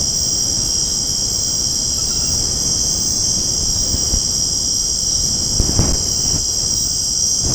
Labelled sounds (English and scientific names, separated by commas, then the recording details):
none
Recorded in secondary vegetation near Puerto Asís, Putumayo, Colombia, on 20 February 2024 at 22:30
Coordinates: 0.489, -76.322
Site G6419